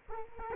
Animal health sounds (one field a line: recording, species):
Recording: mosquito wingbeat signal from an infrared sensor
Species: Culex quinquefasciatus